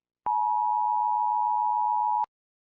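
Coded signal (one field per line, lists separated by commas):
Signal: Emergency Alert System (SAME) tones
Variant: 853 and 960 Hz attention tone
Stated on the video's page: Made-up EAS scenario for entertainment.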